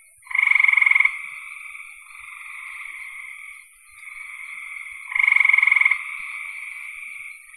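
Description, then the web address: Frog calls: two loud pulsed trills about five seconds apart, with softer sustained buzzing notes filling the gaps between them. "cn frogs"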